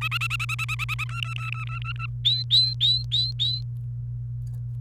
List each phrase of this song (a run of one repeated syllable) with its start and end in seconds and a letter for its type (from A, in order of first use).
0.01-1.04 A, 1.09-2.06 B, 2.25-3.61 C